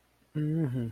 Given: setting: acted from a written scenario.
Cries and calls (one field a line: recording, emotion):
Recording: vocal sound without words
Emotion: sympathy